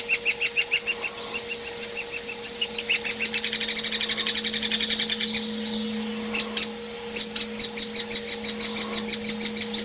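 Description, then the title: Hairy woodpecker with repeated sharp notes in overlapping runs, some fast and dense, others spaced, continuing throughout above a steady electrical hum. Tutor song used to train songbirds such as kacer, murai and cucak hijau; local name platuk. "platuk hairy untuk kacer murai cucak hijau masteran"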